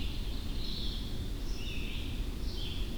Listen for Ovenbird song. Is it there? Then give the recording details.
no. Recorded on 25 June 2016 at 07:11. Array SBT-6-76